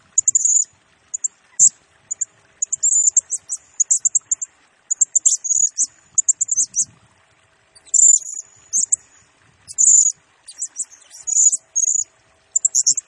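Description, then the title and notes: Blue-crowned hanging parrot chattering steadily in rapid high-pitched squeaks and ticks, near-continuous bursts with only brief pauses. Used as a lure and for training, provoking other birds; the singing bird is in full voice (gacor) and fires rapid bursts (nembak). "Burung Serindit Nembak Gacor Bikin Emosi Semua Burung. Suara Nasteran Dan Pemikat Burung Serinditan Gacor"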